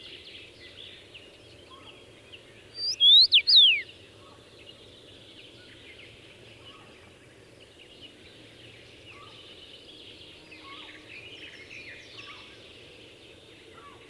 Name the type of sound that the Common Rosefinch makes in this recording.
song